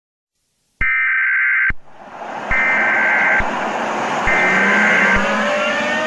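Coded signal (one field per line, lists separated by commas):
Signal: Emergency Alert System (SAME) tones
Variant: header bursts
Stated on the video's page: Fictional EAS scenario, a simulated alert, not a real broadcast.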